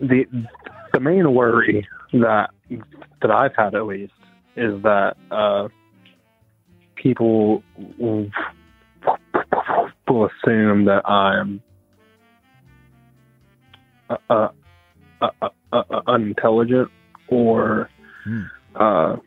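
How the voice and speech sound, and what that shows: An adult man speaks haltingly, with long silent gaps, a drawn-out 'people', prolonged 'uh' fillers and a glottal catch before 'unintelligent'. These blocks and prolongations break up the flow: disfluent speech from a continuous speech impediment that developed in his youth and never went away.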